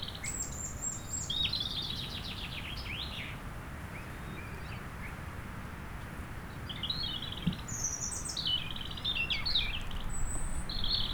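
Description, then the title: European robin song in two varied bursts of sweet, high warbling and trills separated by a quiet gap, with constant wind noise in the background. Chindrieux, France; sunny sloping lawn at Châtillon beach, sheltered from the north wind; robin singing not far away; wind rumbling in the trees. "Chem. des Rubellines, Chindrieux, France - rouge gorge"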